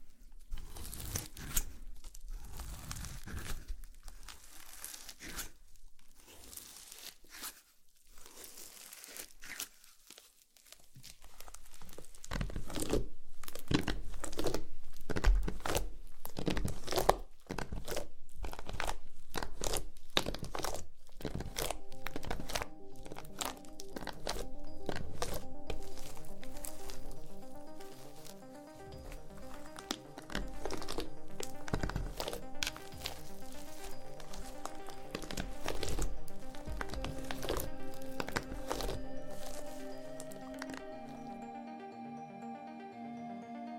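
Slime is squished and pulled, making dense crackling, popping and sticky snapping sounds that run almost nonstop. The first ten seconds are quieter and sparser, then the crackles grow louder. From about 22 seconds, steady sustained tones hum underneath until the end.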